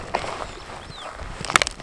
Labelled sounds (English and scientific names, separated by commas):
Superb Starling (Lamprotornis superbus) flight call